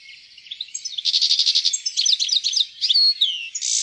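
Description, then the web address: European goldfinch singing a lively, continuous jumble of fast liquid twitters, short trills and a few drawn-out buzzy whistles, with no other sounds. "fuglelyder- stilits"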